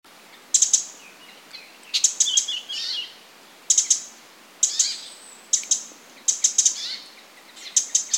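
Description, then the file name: Eurasian wren giving dry, high ticking calls in short clattering bursts every second or so, with a few thin chirps in between. "Troglodytes troglodytes"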